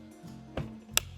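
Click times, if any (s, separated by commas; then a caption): 1.0 s. A flight battery is set gently into the battery bay of a powered-off Hylio ARES HYL-150 agricultural spray drone, so the pins on the PDB are not damaged, and is pushed home. A softer knock sounds at 0.6 s, then a sharp, loud click at 1.0 s. The battery is seated in place.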